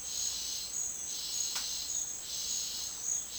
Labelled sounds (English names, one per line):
none